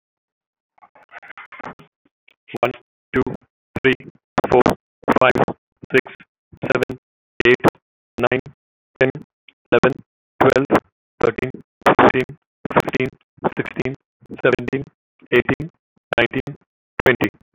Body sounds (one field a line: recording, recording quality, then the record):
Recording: counting at a normal pace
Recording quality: excellent, no background noise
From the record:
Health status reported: healthy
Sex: male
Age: 47 years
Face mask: not worn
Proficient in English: yes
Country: India